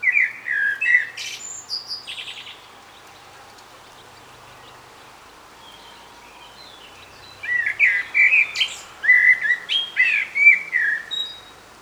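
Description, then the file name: Common blackbird with rich, fluty warbling followed by a high chattering flourish; silence for several seconds, then a longer strophe of varied whistles. "Turdus merula"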